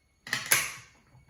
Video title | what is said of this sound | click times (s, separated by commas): AKIRA Kanedas bike - Project BM from Bandai, Unboxing & review | they just snap into place | 0.3 s, 0.5 s